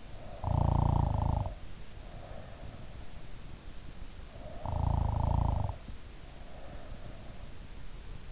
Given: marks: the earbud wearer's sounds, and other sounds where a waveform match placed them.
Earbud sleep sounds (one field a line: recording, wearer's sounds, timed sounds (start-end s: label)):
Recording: sounds in sleep by an in-ear microphone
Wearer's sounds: snoring breath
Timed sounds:
0.00-2.80 s: snoring breath
4.17-7.37 s: snoring breath